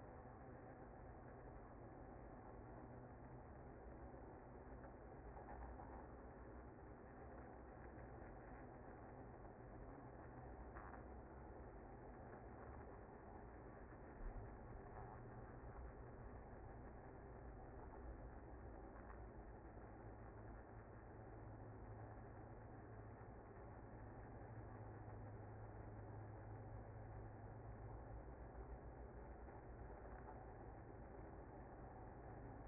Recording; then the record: honeybee colony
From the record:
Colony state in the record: active